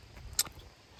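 A torque wrench set to 18 ft-lbs tightens the thermostat housing bolts on a Chevrolet Silverado truck engine until it clicks. A short, sharp click is heard at 0.5 s over a low background rumble, showing the bolt has reached the set torque.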